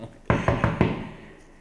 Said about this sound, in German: Und jetzt klopfe ich an.